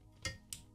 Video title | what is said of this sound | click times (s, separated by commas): Comment Monter son PC GAMER ? #5 | petit clic on l'a entendu impeccable | 0.5 s